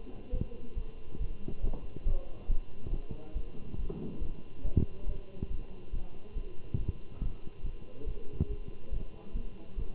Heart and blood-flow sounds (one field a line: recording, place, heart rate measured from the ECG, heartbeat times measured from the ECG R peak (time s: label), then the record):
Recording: heart sounds by stethoscope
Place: between the tricuspid and mitral areas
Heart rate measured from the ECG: 140 bpm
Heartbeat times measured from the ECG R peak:
0.32 s: heartbeat
0.76 s: heartbeat
1.20 s: heartbeat
1.63 s: heartbeat
2.06 s: heartbeat
2.49 s: heartbeat
2.92 s: heartbeat
3.35 s: heartbeat
3.78 s: heartbeat
4.21 s: heartbeat
4.64 s: heartbeat
5.07 s: heartbeat
5.50 s: heartbeat
5.93 s: heartbeat
6.35 s: heartbeat
6.78 s: heartbeat
7.21 s: heartbeat
7.64 s: heartbeat
8.06 s: heartbeat
8.49 s: heartbeat
8.92 s: heartbeat
9.34 s: heartbeat
9.77 s: heartbeat
From the record:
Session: Bruce protocol treadmill stress test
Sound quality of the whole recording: good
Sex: male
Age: 23 years